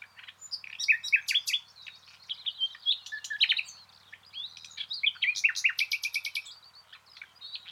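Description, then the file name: Common nightingale delivering dense, varied song with rich warbled notes, sharp clicks and rapid repeated pulses running almost without pause. "Luscinia megarhynchos"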